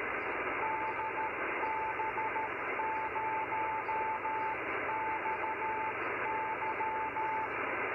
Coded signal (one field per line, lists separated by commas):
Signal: Morse code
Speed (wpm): 13 wpm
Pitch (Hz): 880 Hz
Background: radio noise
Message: DB0XY